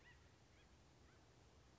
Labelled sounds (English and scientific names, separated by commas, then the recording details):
Acorn Woodpecker (Melanerpes formicivorus)
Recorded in Sonoma County, California